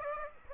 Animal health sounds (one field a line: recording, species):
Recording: mosquito wingbeat signal from an infrared sensor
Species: Aedes aegypti